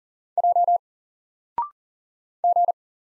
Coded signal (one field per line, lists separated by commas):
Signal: Morse code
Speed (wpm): 41 wpm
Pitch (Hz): 700 Hz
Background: none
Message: J G